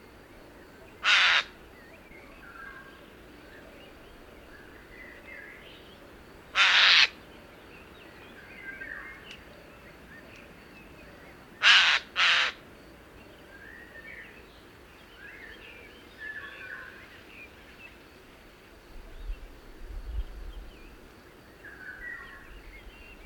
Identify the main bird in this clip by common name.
Eurasian Jay